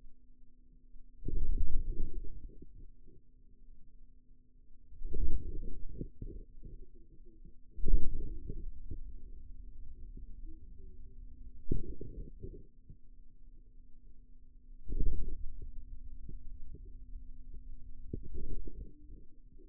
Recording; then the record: forearm muscle sounds (acoustic myography)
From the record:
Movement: radial deviation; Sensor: system 2, bracelet of six BSWA MPA416 microphones around the upper forearm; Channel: 3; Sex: male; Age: 22 years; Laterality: right